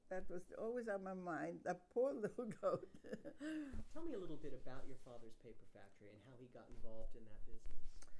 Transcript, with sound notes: That was always on my mind. That poor little goat. [chuckles]
Tell me a little bit about your father's paper factory and how he got involved in that business.